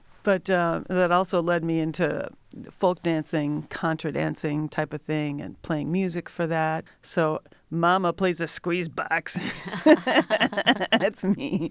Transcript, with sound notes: But that also led me into folk dancing, contra dancing type of thing, and playing music for that. Mama plays a squeeze box. [LAUGHTER] That's me.